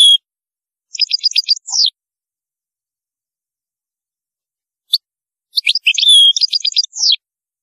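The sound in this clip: European goldfinch song in short twittering bursts of quick tinkling notes separated by a long silent gap.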